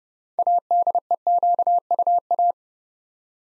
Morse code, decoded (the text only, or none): ADEQUA